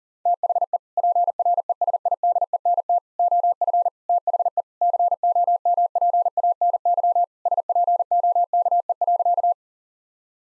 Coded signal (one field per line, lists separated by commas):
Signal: Morse code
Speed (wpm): 40 wpm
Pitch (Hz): 700 Hz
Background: none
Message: THE PRESIDENT OF THE COMPANY SPOKE.